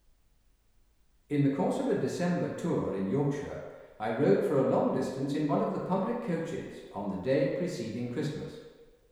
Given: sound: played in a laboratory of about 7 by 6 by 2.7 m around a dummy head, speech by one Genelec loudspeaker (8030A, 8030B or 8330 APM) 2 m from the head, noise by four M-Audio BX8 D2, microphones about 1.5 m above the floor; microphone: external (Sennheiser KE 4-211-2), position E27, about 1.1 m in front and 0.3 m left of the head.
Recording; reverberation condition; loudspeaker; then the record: male speech in English; high; 60 degrees to the left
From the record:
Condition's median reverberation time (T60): about 1300 ms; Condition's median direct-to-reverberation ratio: about -4.0 dB